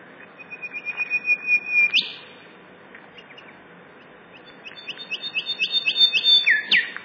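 Golden whistler sings a run of whistled notes ending in a sharp whip, then a second run of whistled notes closing with another upslur.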